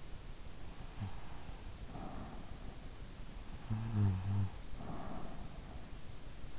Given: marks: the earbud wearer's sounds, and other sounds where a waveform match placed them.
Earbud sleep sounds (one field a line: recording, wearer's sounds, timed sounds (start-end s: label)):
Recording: sounds in sleep by an in-ear microphone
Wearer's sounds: breath, snoring breath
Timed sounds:
0.67-2.81 s: breath
3.50-5.76 s: snoring breath